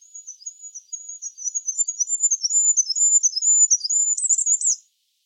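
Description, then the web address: Bird singing one sustained phrase of fast, high-pitched chirps that grows louder and closes with a buzzy trill, then falls silent. "cianscape. Deverinetal 2025. Bird Only"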